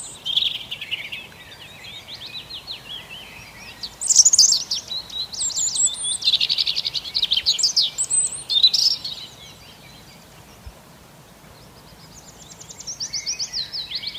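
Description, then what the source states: Several birds singing together: high twittering, quick trills and repeated chirping phrases in bursts, with steady low background noise underneath throughout. Bird song on an early spring morning.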